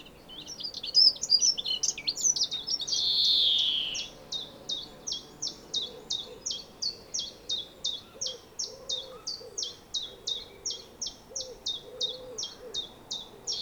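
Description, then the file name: European greenfinch: a jumble of twitters and a drawn-out buzzy wheeze, then a long run of crisp high notes repeated about three per second, low soft tones behind. "Chloris chloris"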